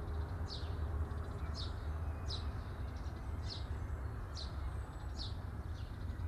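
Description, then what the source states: Bird chirps, sharp and high, repeated about every second, seven or so notes above a continuous low hum. Recorded at midday.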